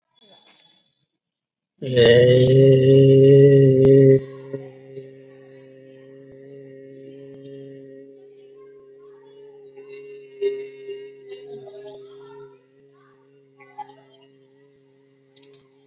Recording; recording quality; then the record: sustained vowel as in made; excellent, no background noise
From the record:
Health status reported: COVID-19 positive, moderate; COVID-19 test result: positive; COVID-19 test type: RT-PCR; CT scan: not taken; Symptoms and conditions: cough, fever, fatigue, muscle pain, loss of smell and taste, diabetes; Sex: male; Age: 39 years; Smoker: no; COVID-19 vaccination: both doses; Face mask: not worn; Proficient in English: no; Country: India